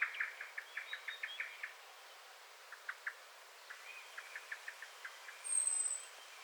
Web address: SETE Turdus merula